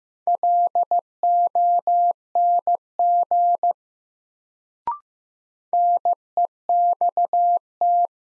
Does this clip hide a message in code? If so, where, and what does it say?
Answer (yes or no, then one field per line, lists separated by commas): yes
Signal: Morse code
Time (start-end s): 0.3-8.1 s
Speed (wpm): 15 wpm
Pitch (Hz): 700 Hz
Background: none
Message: LONG NEXT